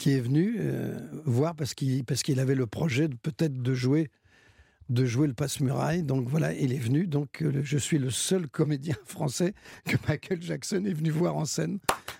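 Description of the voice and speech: An adult man speaks French on the radio at a moderate pitch with mild, intermittent disfluencies: a drawn-out vowel, a phrase repeated ('parce qu'il, parce qu'il'), and a silent pause of nearly a second before restarting 'de jouer'. These are a mild stutter, a well-known, long-standing stutter that surfaces from time to time when he is moved.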